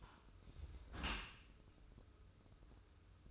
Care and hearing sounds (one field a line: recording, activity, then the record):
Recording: daily activity, microphone in the room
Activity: close dishwasher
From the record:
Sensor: 2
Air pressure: 995.8 hPa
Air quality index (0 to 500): 97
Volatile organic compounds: 5 ppm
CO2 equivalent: 1795 ppm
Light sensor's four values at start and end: 23/76/30/29 and 23/76/30/28